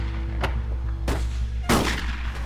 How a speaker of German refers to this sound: Früher oder später musste ich mich um diese Gewehre kümmern. Ich ignorierte sie so gut ich konnte. Doch die Schüsse hörten nicht auf. Die beiden verschossen so viel Munition wie eine ganze Kompanie.